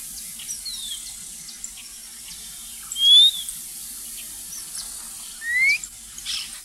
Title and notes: Museo de Ciencias de Bahía Blanca. Monjita Blanca (Xolmis irupero). antes del amanecer deja oír un silbido denominado "canto del alba"